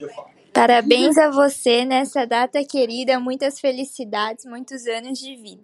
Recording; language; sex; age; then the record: short text; Brazilian Portuguese; male; 50 to 59 years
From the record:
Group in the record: control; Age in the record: 54 years